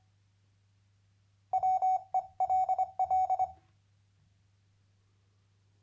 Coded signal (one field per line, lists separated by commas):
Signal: Morse code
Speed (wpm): 25 wpm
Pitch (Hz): 750 Hz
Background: none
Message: WELL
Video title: MorseLAB 2.7 #amateurradio #hamradio #cw #morsecode #radioamateur